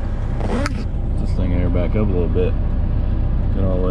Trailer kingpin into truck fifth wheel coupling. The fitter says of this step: all the way up underneath it. Heard it click. We are hooked.